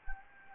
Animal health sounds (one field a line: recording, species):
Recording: mosquito wingbeat signal from an infrared sensor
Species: Anopheles gambiae